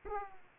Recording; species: mosquito wingbeat signal from an infrared sensor; Aedes aegypti